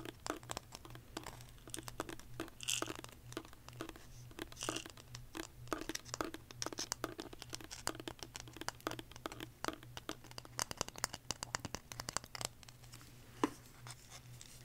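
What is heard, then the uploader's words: Quick tapping and crinkling sounds fill the recording, dense and irregular through most of it, with a few brighter, scratchier bursts. A steady low hum runs underneath, and the taps thin out slightly near the end. ASMR Tapping For Sleep (No Talking).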